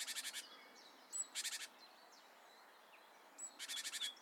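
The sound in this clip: Great tit giving harsh, rasping churrs of fast repeated pulses, three bouts, with a few thin high notes and light background hiss between them.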